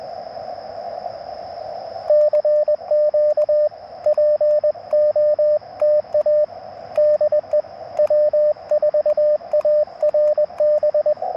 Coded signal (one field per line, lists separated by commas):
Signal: Morse code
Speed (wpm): 21 wpm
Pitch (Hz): 590 Hz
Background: radio noise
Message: CQ POTA DE W4ARB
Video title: POTA QRP CW - 05/31/23 @ K-4451